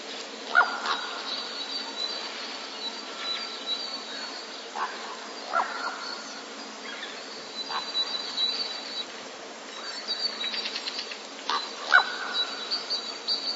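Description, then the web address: Common raven calls: a few hollow, ringing notes spaced several seconds apart, mixed with scattered harsh clicks and faint high twittering from small birds. Common raven calls during courtship in the breeding season. "wroblowe ptaki krucze gody. wroblowe ptaki kruk"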